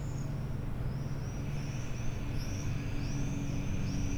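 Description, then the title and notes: Swift screaming, a run of thin rising-falling high trills in quick succession over continuous low background hum. Flock of swifts flying over rooftops of Aix-les-Bains, France, recorded from the MJC courtyard on a Sunday morning. "4 Rue Vaugelas, 73100 Aix-les-Bains, France - Les martinets. Le ballet des martinets au dessus des toits d'Aix-les-bains depuis la cour de la MJC un dimanche matin"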